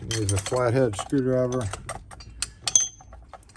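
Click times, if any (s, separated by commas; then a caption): 2.8 s. Someone talks while a metal part of a Weiser keyed door handleset is pushed the rest of the way down over its shaft, possibly with a flathead screwdriver. A few sharp metallic clinks follow, and the part clicks into a notch on the shaft at 2.8 s, seating it in place.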